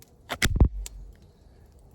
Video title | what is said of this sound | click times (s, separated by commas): Origin knives crusader | and I don't think the camera's going to do it justice when you hear the snap up on this blade | 0.5 s